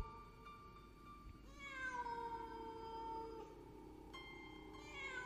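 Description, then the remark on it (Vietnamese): A cat standing in a far corner lets out a long, drawn-out meow that slowly falls in pitch, followed by a shorter cry near the end, heard alone with no talking. “Sau đó nó kêu lên mấy tiếng rồi lẳng lặng quay lưng bước đi một cách thong dong.”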